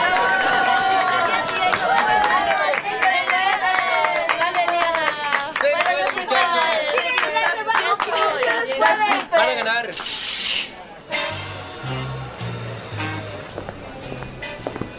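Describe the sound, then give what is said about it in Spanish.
An audience claps steadily for about ten seconds while excited voices shout and cheer over it, welcoming second-grade secondary school students, then the clapping breaks off and a low, rhythmic musical tone begins. “Señoras y señores, chicos y chicas, vamos a recibir con un fuerte aplauso a los chicos del segundo grado de secundaria.”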